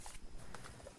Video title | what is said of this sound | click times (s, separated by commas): Volt Quick Tips #0043 - Air Compressor | And then this should snap right into place. | 0.5 s